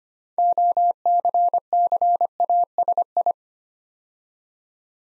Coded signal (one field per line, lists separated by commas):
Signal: Morse code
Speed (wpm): 25 wpm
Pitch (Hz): 700 Hz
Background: none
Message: OCCASI